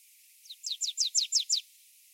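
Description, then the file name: Marsh tit giving a single quick run of about six sharp, high, downslurred notes, lasting about one second. "Poecile palustris"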